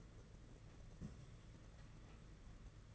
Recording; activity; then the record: daily activity, microphone in the room; place on stove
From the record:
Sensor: 4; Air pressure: 992.8 hPa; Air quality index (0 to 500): 175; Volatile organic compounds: 326 ppm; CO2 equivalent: 4536 ppm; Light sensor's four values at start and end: 5/11/4/5 and 5/11/4/5